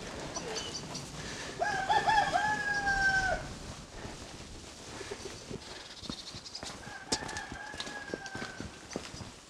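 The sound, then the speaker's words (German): Pigs and pigeons on a muddy, foul-smelling farm: two long, strained, high-pitched squeals, like pigs, rise out of a steady background of cooing and clucking birds, pigeons among them, with scattered clicks and rustles. “Ach, Schweine und Tauben.”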